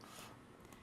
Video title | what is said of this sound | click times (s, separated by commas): Faith & Brown Jewellery Valentines Special | lock hear you'll hear the click | 0.7 s